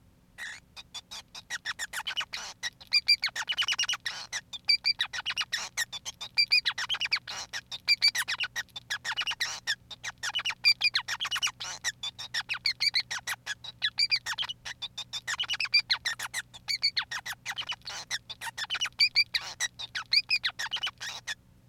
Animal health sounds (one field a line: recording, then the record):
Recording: song of a male Bengalese finch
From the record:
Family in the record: son of father 5